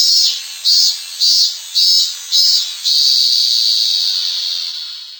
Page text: ミンミンゼミの鳴き声-sound-HIRingtone